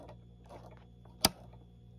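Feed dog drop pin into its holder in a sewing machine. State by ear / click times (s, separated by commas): seated / 1.2 s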